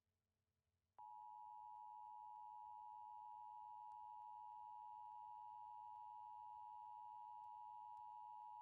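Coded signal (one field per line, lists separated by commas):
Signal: Emergency Alert System (SAME) tones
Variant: 853 and 960 Hz attention tone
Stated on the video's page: Fictional EAS scenario of California severe weather using valid EAS tones.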